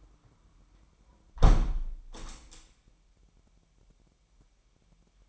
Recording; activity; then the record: daily activity, microphone in the room; close window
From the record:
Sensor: 1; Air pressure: 998.2 hPa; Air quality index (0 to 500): 141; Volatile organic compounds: 4 ppm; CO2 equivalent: 1685 ppm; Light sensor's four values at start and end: 16/53/21/21 and 16/53/21/21